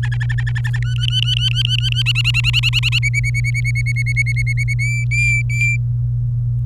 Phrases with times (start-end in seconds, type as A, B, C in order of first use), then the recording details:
0.03-0.79 A, 0.82-2.02 B, 2.06-2.99 C, 3.03-4.74 D, 4.79-5.76 E. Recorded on 24 April 2018 at 11:37. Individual llb3